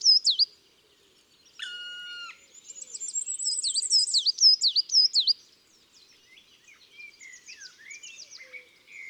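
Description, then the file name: Coal tit song, a bright high series of quick repeated swooping notes, with a brief flat tone before it and fainter chirps trailing afterward. From a French collection of songs of woodland and forest birds. "Mesange noire Chants doiseaux des bois et des forets"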